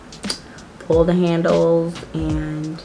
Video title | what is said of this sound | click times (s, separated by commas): MY JEWELRY COLLECTION ✨ l All about my jewelry l High Quality AFFORDABLE TRENDY jewelry 🤍🌻✨ | place it in there and it'll kind of like snap in place and then you'll just | 0.3 s